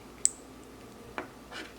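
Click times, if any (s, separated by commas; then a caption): 0.2 s. A headlight on an E30 is pushed up onto its plastic mounting clips in the headlight bucket until a clip clicks into place with one sharp, short, bright click at 0.3 s. A duller, softer knock follows at about 1.2 s, then a faint brushing sound near 1.6 s. The clip is seated.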